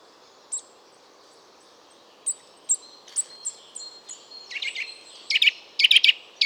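Eurasian nuthatch calls: sparse high thin notes building into an accelerating series of loud, sharp, ringing notes, often paired, growing stronger toward the end.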